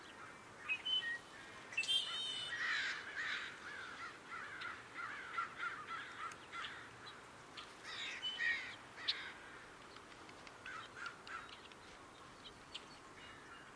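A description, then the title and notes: Crows caw in bursts along an outdoor footpath, busiest through the first nine seconds with overlapping harsh calls, then thinning to scattered caws near the end. A quiet, steady outdoor hush sits underneath, with faint low rumble. The raw field recording without an original musical score. Recorded January 22, 2022 at Dharma Rain Zen Center along the various footpaths open to the public.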